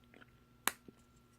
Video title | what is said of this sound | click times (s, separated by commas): SHOKY REVIEWS: HGUC Twilight Axis GUNDAM AN-01 TRISTAN | snap it shut in that will hold it incredibly tight that's actually a very good design | 0.7 s